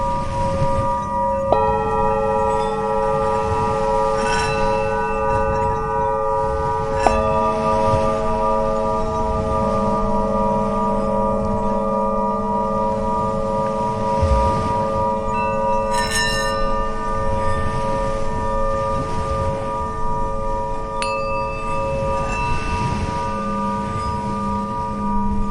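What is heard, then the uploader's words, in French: Tibetan bowls ring in long, sustained tones, struck again around two and seven seconds, over a steady wash of wave noise underneath. Les sons de bols tibétains et des bruits de vagues apaisantes.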